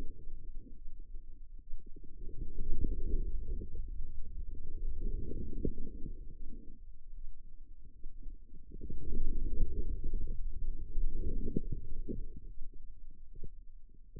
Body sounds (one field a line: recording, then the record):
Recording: forearm muscle sounds (acoustic myography)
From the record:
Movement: inward rotation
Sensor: system 2, bracelet of six BSWA MPA416 microphones around the upper forearm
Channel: 5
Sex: female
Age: 25 years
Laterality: right